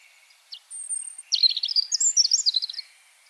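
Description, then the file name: European robin song: a thin high whistle, then a rapid jumble of tinkling, sharply pitched notes lasting over a second before stopping. "Erithacus rubecula"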